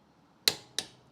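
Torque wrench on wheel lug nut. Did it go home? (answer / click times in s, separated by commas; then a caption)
yes / 0.5 s, 0.8 s. A click-type torque wrench set to 90 ft-lb tightens a 21 mm lug nut on a Toyota Prius wheel during a tire rotation, with 90 ft-lb chosen because it feels better. Two sharp, bright clicks ring out at 0.5 s and 0.8 s, each fading quickly over quiet background. The wrench breaks over at the setting, confirming the lug nut is torqued to 90 ft-lb.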